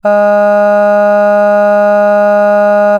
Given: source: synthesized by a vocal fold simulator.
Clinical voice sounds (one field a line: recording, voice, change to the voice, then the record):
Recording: sustained vowel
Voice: female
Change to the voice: none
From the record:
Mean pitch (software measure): 206 Hz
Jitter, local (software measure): 0.19%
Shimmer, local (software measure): 1.5%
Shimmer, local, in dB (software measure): 0.13 dB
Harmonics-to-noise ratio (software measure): 31.4 dB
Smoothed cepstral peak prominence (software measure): 18.7 dB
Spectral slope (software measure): -21.9 dB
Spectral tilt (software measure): -8.6 dB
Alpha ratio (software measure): -12.4 dB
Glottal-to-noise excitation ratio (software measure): 0.976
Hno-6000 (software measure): 2.4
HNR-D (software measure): 39.7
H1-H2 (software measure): 9.5 dB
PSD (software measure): 1.3e-05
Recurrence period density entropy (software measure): 0.133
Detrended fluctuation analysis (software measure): 0.0274